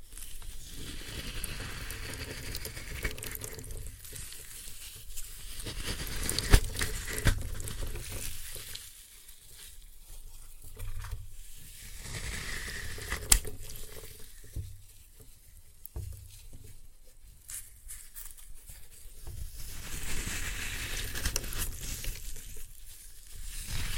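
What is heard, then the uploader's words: Floral foam is crushed by hand, giving dense, crumbly crackling and soft crunching that swells and eases in waves. Sharp snaps and clicks stand out around 6 and 13 seconds, with brief quieter pauses between squeezes. Floral Foam Glitter Bomb Crushing.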